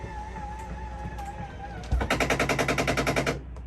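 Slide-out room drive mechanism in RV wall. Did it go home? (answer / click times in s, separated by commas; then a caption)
yes / 2.1 s, 2.2 s, 2.3 s, 2.4 s, 2.5 s, 2.6 s. With the out button held, the slide-out room drive mechanism in the wall of a Forest River Sunseeker 3250LE RV hums steadily as the room extends. At full travel, the drive clutch slips with a rapid series of metallic clicks at 2.1, 2.2, 2.3, 2.4, 2.5 and 2.6 seconds. The clicks confirm the room is fully out and that the button should be released.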